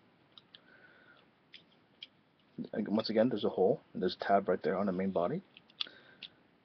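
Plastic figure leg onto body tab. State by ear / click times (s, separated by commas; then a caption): seated / 5.8 s. Someone talks while a plastic leg of a Fansproject MSL Chromedome Function X1 figure has its hole slid over the plastic tab on the main body, with a few faint ticks before and during the talk. A sharp click at 5.8 s marks the leg snapping into place on the tab.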